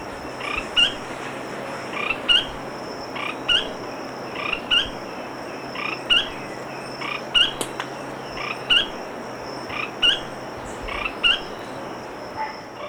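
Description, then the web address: Chestnut-throated spinetail repeating brief, clipped call notes a little more than a second apart, with a constant high-pitched tone running underneath. Recorded in Ecuador. "Birds of Ecuador. Chestnut-Throated Spinetail"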